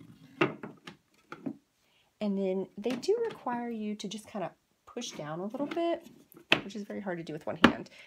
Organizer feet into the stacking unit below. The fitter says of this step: you can hear it kind of click in so they actually